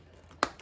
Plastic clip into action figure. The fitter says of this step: push that in you hear the click